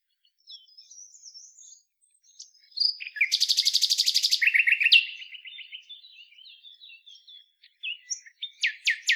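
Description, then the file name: Common nightingale song with thin high notes, a dense rapid trill of repeated notes in the middle, then softer twitters and sharp closing notes. "Luscinia megarhynchos"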